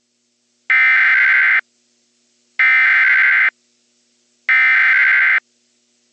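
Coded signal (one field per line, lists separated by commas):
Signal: Emergency Alert System (SAME) tones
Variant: header bursts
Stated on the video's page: Fictional EAS scenario recreation with valid EAS tones, styled after older NOAA Weather Radio CRS broadcasts with text-to-speech voices.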